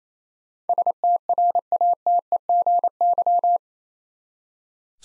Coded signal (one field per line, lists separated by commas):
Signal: Morse code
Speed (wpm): 28 wpm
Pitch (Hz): 700 Hz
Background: none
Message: STRATEGY